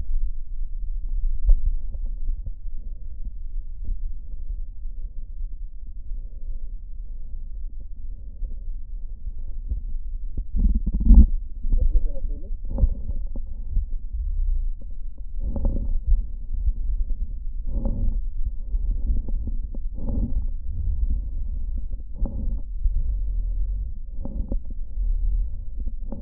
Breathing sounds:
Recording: lung sounds by stethoscope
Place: right posterior basal chest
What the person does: quiet breathing, then deep breathing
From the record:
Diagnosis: interstitial lung disease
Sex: male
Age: 82 years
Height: 158 cm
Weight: 49 kg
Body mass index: 19.6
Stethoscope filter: diaphragm mode

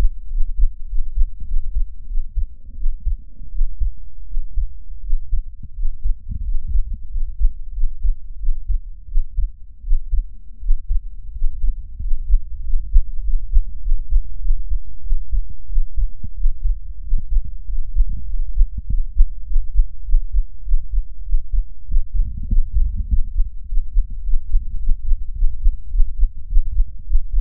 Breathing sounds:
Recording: lung sounds by stethoscope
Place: left anterior apical chest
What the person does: quiet breathing, then deep breathing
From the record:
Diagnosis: none (healthy)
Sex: male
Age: 23 years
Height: 185 cm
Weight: 93 kg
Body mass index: 27.2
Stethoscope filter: bell mode

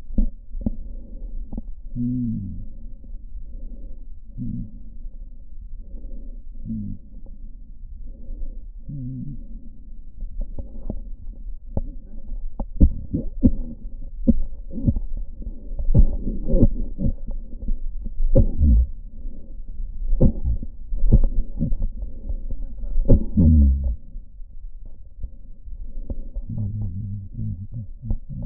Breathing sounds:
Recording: lung sounds by stethoscope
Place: left posterior apical chest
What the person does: quiet breathing, then cough and speech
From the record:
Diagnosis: pulmonary infection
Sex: male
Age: 69 years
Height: 184 cm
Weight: 115 kg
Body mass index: 34.0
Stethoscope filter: diaphragm mode

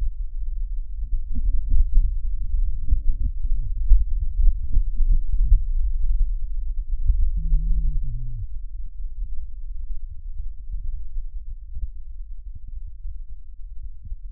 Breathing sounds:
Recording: lung sounds by stethoscope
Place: right posterior basal chest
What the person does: quiet breathing, then cough and speech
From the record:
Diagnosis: COPD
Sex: male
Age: 70 years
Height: 163 cm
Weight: 64.6 kg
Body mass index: 24.3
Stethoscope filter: bell mode

